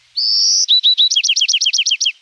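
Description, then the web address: Bewick's Wren song: one long high note, a few short notes, then a fast even trill of about nine downward-sweeping notes. Young bird learning to sing. "Birdnote. A Young Bewicks Wren Learns to Sing"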